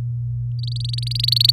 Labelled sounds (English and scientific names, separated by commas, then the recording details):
Domestic Canary (Serinus canaria) song
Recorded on 4 May 2018 at 05:54
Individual llb16